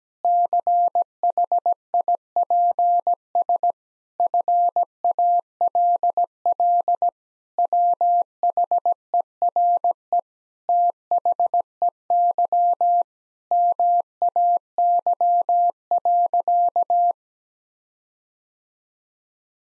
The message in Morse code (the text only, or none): CHIPS FALL WHERE THEY MAY.